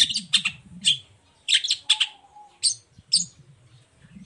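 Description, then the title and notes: Long-tailed Shrike giving loud grouped chirps and scratchy notes separated by brief gaps, over a low rumbling background. Cendet heard in the morning, singing the 'toet toet' variation; recording meant as a lure to provoke other shrikes into answering. "Langsung NYAUTTTTT ! Cendet Gacor Dor Di Kala Pagi Toet Toet Variasi Suara. Pancingan Emosi Cendet Gacor Full Variasi Toet Toet Bikin Nyaut Cendet Lain Langsung Ikutan Bunyi. Burung cendet"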